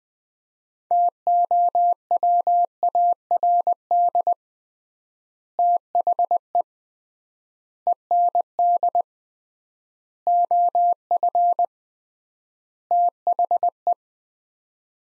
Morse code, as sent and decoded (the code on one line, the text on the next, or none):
- --- .-- .- .-. -.. / - .... . / . -. -.. / --- ..-. / - .... .
TOWARD THE END OF THE